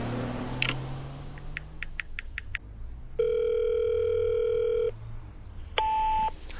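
A quick run of electronic keypad beeps dials a number for an outgoing telephone call, followed by a steady, buzzing ringback tone lasting over a second, then a brief burst of a second ring tone.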